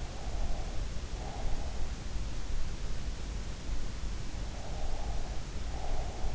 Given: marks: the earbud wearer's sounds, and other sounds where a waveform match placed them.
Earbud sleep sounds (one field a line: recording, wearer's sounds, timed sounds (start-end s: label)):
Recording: sounds in sleep by an in-ear microphone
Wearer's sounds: breath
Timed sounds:
0.15-1.75 s: breath
4.57-6.35 s: breath